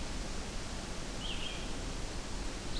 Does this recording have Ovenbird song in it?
no